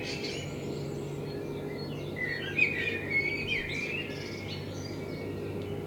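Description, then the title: Common blackbird song, a single warbled phrase with thin high twittering near the middle, over a steady low hum and background noise. Binaural dummy-head recording made in front of the recordist's window with a homemade dummy head, intended for headphone listening. "Kunstkopfaufnahme der Amsel vor meinem Fenster"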